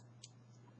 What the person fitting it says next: that snapped right into place.